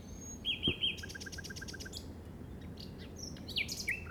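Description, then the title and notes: Common nightingale phrases: a sustained whistle with looping notes, a quick run of even repeated notes, then sharp high chirps, with low background rumble. Recorded in the Llobregat Delta at 06:00 on 8 May 2015 with a Zoom recorder. "Grabación de ruiseñor común (Luscinia megarhynchos) en el Delta del Llobregat a las 06:00 del 08/05/2015."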